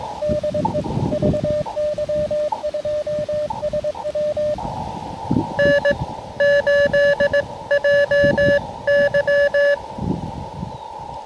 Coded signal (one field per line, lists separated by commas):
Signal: Morse code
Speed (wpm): 22 wpm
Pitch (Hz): 590 Hz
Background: radio noise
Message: DE VY2SW N8JY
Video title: Cap Tourmente: Can I Complete a QRP CW POTA Activation Before the Park Closes?